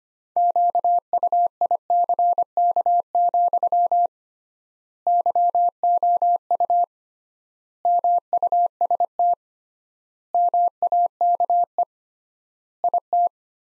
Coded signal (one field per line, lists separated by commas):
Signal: Morse code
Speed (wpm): 25 wpm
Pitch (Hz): 700 Hz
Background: none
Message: QUICK, YOU MUST MAKE IT